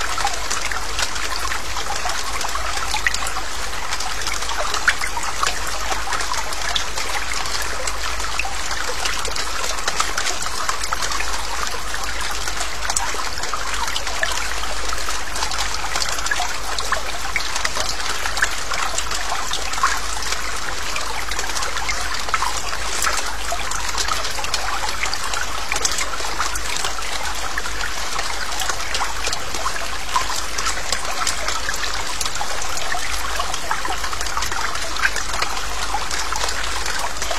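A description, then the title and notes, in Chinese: Gentle, fine rain falls steadily, a soft, dense hiss of countless small drops with a bright, trickling quality. The sound stays even throughout, with no pauses or louder bursts, only faint ripples of dripping texture within the constant wash. 温柔的细雨：枕着大自然的声音安睡（纯音乐白噪音）。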